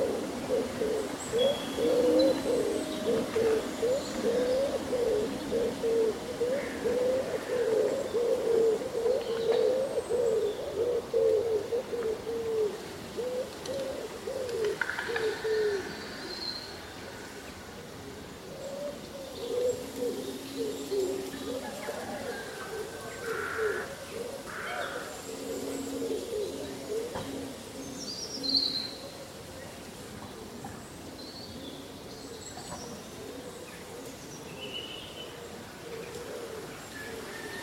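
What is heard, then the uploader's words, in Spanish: On a windy summer day, leaves rustle steadily while birds call throughout. A low cooing, like a dove, runs strongly through the first half and fades after about fifteen seconds, then returns more softly. Brief higher chirps and whistles appear scattered, especially near the middle and end. Un bosque bañado por el sol.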